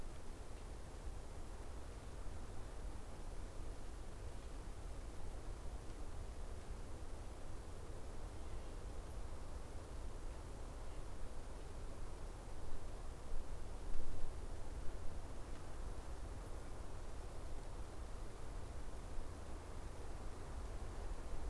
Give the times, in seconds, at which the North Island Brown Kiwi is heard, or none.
none